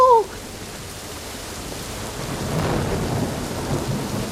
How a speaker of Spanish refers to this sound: ¡Esta tormenta está desviando la cama voladora!